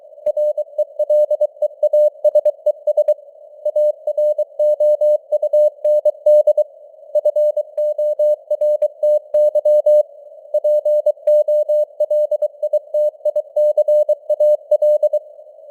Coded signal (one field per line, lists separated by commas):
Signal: Morse code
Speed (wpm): 23 wpm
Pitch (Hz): 600 Hz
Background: none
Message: RELEASES AROUND FORTY POLITICAL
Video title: Morse Code News | 2025-11-30 | 23wpm